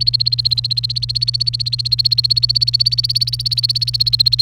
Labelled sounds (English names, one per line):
Domestic Canary song